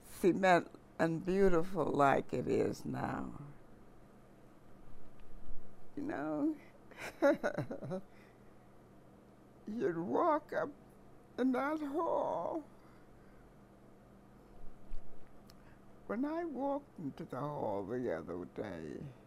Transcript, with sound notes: cement and beautiful like it is now. No. [chuckles] You'd walk up in that hall. When I walked into the hallway the other day,